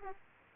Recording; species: mosquito wingbeat signal from an infrared sensor; Aedes aegypti